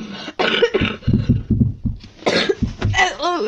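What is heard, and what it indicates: A few harsh, close-miked coughs from an adult man, directed upward, with brief throat sounds and a voice at the end.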